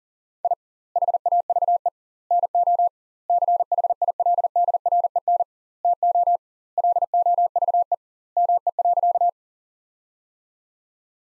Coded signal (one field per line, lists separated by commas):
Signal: Morse code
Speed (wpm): 37 wpm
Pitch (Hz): 700 Hz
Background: none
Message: I HAVE NO CHILDREN TO LOVE ME.